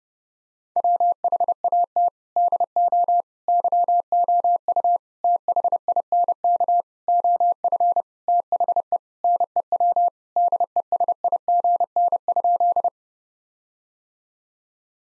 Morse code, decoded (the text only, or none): WHAT DO YOU THINK OF THE NEW DESIGN?